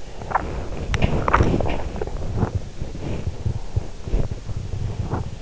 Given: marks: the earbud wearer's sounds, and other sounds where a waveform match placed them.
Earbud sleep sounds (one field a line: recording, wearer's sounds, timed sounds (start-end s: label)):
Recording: sounds in sleep by an in-ear microphone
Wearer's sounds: body movement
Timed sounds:
0.05-5.42 s: body movement